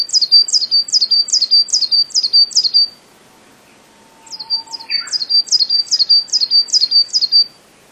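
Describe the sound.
Coal tit calling: high, thin two-note phrases repeated rapidly in a run of several, a pause, then another run of several.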